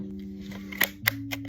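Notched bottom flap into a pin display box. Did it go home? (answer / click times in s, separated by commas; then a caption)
yes / 0.8 s, 1.1 s. The two-notched bottom cardboard flap of a pin display box is pressed back into the box over a steady low tonal hum, with soft handling ticks around it. Two sharp clicks ring out at 0.8 s and 1.1 s as the notches snap into place, followed by a fainter tick at 1.3 s. The flap is seated and the box is closed properly.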